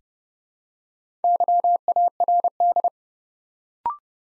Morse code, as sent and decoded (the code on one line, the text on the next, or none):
-.-- .- .-. -..
YARD